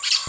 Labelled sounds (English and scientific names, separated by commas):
Brown-throated Parakeet (Eupsittula pertinax) contact call